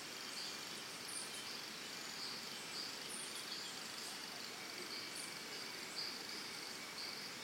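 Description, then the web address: Cricket chorus forms an unbroken high buzzing trill, with scattered faint bird chirps and a dense hiss of forest ambience underneath. Early morning in Costa Rica, forest and jungle setting, with birds calling alongside the crickets. "Big Room Sound Birds Crickets Costa Rica Early Morning"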